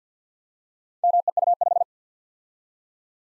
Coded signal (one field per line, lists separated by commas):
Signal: Morse code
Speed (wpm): 47 wpm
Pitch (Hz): 700 Hz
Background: none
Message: MEU5